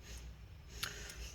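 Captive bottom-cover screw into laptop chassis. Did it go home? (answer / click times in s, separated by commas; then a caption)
yes / 0.8 s. A captive screw on the bottom cover of a Lenovo ThinkPad X1 Extreme is untwisted against the laptop chassis until a single sharp click at 0.8 s shows it has dropped into its thread. The screw is seated and is then tightened down.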